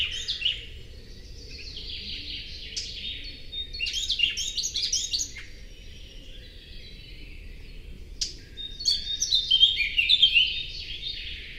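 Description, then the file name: Eurasian blackcap song: scratchy, rapid warbling chatter in two spells, with a single sharp click between them, over a low constant rumble. "Sylvia atricapilla"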